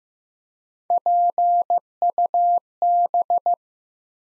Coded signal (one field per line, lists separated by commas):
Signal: Morse code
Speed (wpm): 15 wpm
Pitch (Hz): 700 Hz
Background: none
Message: PUB